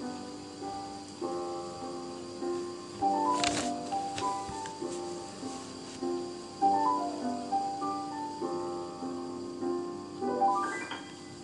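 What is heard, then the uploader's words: Gentle piano plays slow, clear melodic notes with brief bright rising flourishes near 3, 7 and 10 seconds over a soft, steady rain-like hiss. Piano edition with rain first then forest sounds.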